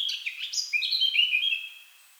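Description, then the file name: Eurasian blackcap song, a short burst of varied chattering notes turning into clear fluty whistles that fade away at the end. "Sylvia atricapilla"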